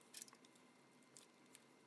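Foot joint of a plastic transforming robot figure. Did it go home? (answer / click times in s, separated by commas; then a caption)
no / none. A foot joint on a plastic Fall of Cybertron Optimus Prime transforming robot figure is handled as the foot is folded back during transformation. Small, sharp plastic ticks and handling noises come at about 0.2, 1.2 and 1.6 seconds. The foot has not clicked into place yet.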